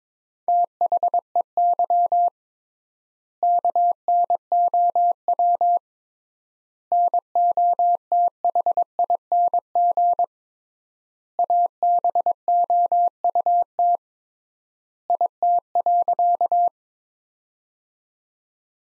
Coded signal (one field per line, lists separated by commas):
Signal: Morse code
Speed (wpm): 22 wpm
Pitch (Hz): 700 Hz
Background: none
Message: THEY KNOW NOTHING ABOUT IT.